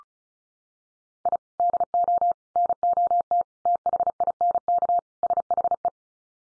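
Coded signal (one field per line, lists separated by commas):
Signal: Morse code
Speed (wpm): 34 wpm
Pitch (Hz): 700 Hz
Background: none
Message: I DO NOT THINK SHE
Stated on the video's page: Practice drill at 35wpm: five-word groups from common 5-grams, each sent in Morse, spoken, then sent again for head-copy.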